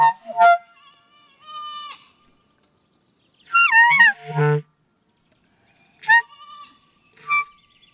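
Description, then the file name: Goat kid bleating: several high, wavering bleats of differing length, separated by pauses. Young goat kid, recorded at Vori, Karidi, Crete, on 23 May 2018, with an external microphone. "Kriti Vor Karidi Zicklein"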